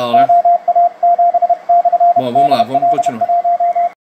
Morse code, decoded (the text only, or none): OA7/DL1